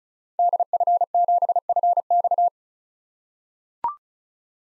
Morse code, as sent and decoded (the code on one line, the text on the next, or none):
-.. ..-. --... ..-. -..-
DF7FX